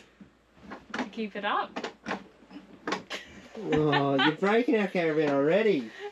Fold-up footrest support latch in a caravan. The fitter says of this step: I've worked out how to um put up and put down there's like a little clicky thing here